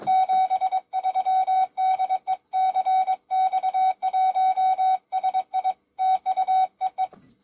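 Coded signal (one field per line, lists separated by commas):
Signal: Morse code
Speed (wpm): 23 wpm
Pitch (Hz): 750 Hz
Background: none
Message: 73 DE CX1SI TU EE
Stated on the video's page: Morse received and tested on a QRP 8-band HF SDR radio.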